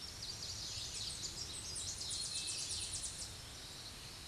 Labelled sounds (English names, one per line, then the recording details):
Tennessee Warbler song
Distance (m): 30 m
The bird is about 10 m above the microphone
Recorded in a Pennsylvania forest on 16 May 2024 at 06:24
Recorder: AudioMoth, point MSD-1892
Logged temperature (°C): 14.5 °C
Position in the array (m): 75 m, 87 m